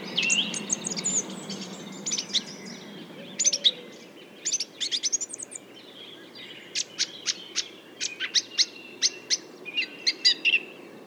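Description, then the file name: Common nightingale singing varied phrases, mixing scratchy trills and whistles with a long series of dry, evenly spaced clicking notes near the end. More than one nightingale. "rossignols"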